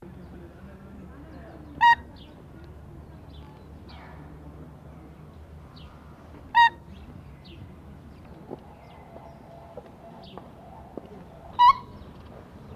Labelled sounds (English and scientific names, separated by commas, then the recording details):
Siberian Crane (Grus leucogeranus) call
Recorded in captivity
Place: Vogelpark Walsrode, Niedersachsen, DE
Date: 1982-10-22
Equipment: Halbspur, 9,5 cm/s
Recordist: Lütgens, Hans